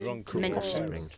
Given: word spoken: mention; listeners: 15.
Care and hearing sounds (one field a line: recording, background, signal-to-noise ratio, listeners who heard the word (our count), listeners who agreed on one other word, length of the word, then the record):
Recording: one English word in noise, from a listening test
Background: four-talker babble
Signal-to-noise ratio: -1.7 dB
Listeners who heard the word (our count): 4 of 15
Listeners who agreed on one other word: 10 of 15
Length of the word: 0.78 s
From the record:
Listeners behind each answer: 10, 4, 1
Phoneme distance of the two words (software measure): 7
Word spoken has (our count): 2 syllables, 5 phonemes, stress on syllable 1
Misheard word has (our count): 2 syllables, 6 phonemes, stress on syllable 1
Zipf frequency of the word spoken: 4.57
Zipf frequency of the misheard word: 4.64